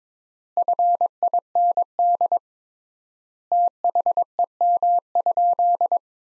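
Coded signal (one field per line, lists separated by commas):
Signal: Morse code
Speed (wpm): 22 wpm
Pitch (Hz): 700 Hz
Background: none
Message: FIND THEM?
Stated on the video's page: Morse practice sentences built from the 200 most common words at 22 wpm with 3x standard word spacing, a word-level analogue of Farnsworth spacing.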